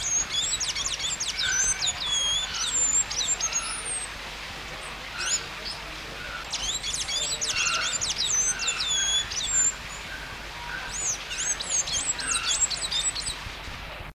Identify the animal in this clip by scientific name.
Thraupis episcopus